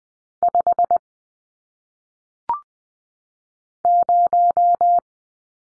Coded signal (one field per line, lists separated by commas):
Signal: Morse code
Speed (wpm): 20 wpm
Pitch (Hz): 700 Hz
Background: none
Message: 5 0